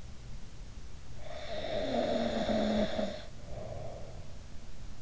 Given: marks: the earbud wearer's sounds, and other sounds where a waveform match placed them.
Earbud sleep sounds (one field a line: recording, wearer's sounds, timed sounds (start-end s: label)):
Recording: sounds in sleep by an in-ear microphone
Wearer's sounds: snoring breath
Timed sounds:
1.08-4.24 s: snoring breath